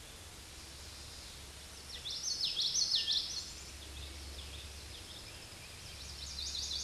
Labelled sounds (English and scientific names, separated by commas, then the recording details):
Common Yellowthroat (Geothlypis trichas) song
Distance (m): 15 m
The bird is about level with the microphone
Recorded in a Pennsylvania forest on 16 May 2024 at 09:25
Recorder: AudioMoth, point MSD-2164
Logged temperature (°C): 15.8 °C
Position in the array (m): 180 m, 83 m